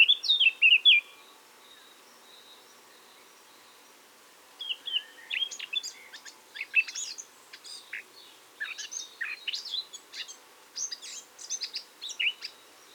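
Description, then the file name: Eurasian blackcap song: a short bright whistled phrase, a pause, then a long, scratchy, chattering warble of quick high notes. "Sylvia atricapilla"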